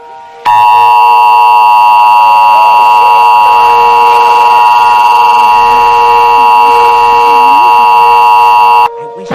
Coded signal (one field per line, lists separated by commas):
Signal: Emergency Alert System (SAME) tones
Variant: 853 and 960 Hz attention tone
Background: speech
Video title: EAS Mock - Cut off Tornado Warning (for @RedTheEASCreator)